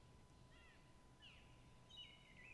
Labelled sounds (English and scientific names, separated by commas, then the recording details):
Song Thrush (Turdus philomelos)
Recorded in Germany
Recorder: ecoPi